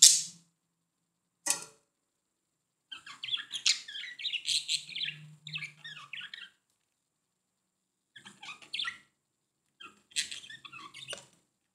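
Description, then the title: Budgerigar calls begin with two sharp high chirps, then a bout of quick scratchy chatter and squeaks, followed by shorter chirpy bursts. "Budgie Sounds"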